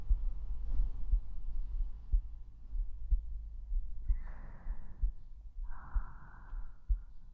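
A normal heartbeat, picked up by a microphone held against the chest over the heart.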